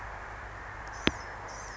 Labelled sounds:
Blue-gray Gnatcatcher
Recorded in Sonoma County, California

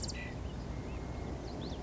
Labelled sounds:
California Quail
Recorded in Sonoma County, California

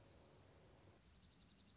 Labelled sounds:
Dark-eyed Junco
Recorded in Sonoma County, California

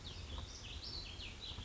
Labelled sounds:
Warbling Vireo
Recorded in Sonoma County, California

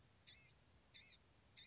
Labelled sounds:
Blue-gray Gnatcatcher
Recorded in Sonoma County, California

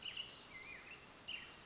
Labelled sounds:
Black-headed Grosbeak
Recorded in Sonoma County, California

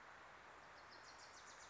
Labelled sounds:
Wilson's Warbler
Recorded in Sonoma County, California

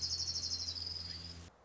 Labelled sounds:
Orange-crowned Warbler
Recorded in Sonoma County, California

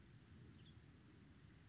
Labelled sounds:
Western Tanager
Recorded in Sonoma County, California

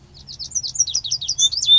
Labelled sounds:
Lazuli Bunting
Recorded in Sonoma County, California

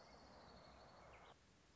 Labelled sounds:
Orange-crowned Warbler
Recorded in Sonoma County, California

